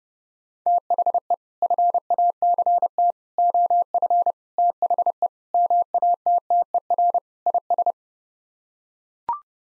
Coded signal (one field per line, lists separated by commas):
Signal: Morse code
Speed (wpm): 30 wpm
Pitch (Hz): 700 Hz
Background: none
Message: THE FACT OF THE MATTER IS